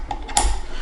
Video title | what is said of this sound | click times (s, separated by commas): THE NEW!!! WorkSharp Precison Knife Sharpener- Assembled and How To | that just clicks into, and it's all magnetized. | 0.4 s